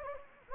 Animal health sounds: mosquito wingbeat signal from an infrared sensor; Anopheles gambiae

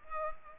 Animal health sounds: mosquito wingbeat signal from an infrared sensor; Culex pipiens

